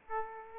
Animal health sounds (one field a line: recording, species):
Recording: mosquito wingbeat signal from an infrared sensor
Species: Aedes aegypti